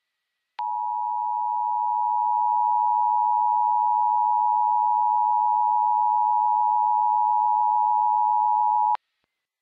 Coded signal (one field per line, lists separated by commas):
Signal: Emergency Alert System (SAME) tones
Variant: 853 and 960 Hz attention tone